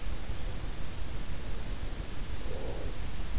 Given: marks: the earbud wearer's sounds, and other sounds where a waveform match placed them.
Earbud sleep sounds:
sounds in sleep by an in-ear microphone; breath
1.99-3.32 s: breath

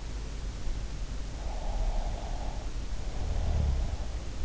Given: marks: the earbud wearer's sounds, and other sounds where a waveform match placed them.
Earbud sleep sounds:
sounds in sleep by an in-ear microphone; snoring breath
1.46-4.24 s: snoring breath

